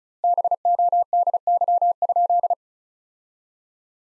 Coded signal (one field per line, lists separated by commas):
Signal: Morse code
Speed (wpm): 36 wpm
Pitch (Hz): 700 Hz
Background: none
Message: BODY?